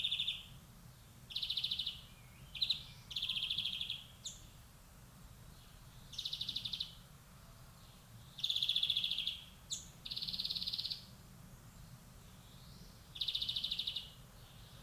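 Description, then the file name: European greenfinch giving buzzy trilled bursts at irregular intervals, separated by pauses, over low background noise. "Chloris chloris"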